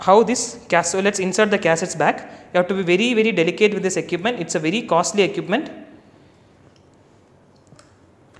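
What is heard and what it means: A sample cassette is being inserted back into a costly lab instrument slot and lined up before being pushed home, handled delicately. Someone talks for the first six seconds, then a few faint contact taps are heard in the quiet. Nothing has seated or clicked yet.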